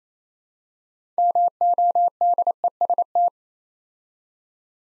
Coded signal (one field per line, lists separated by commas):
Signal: Morse code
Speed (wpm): 27 wpm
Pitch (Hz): 700 Hz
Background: none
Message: MODEST